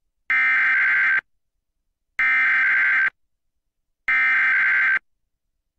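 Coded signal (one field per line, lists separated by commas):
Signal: Emergency Alert System (SAME) tones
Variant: header bursts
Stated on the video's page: Weekly tests from KUNA and IPAWS time zones.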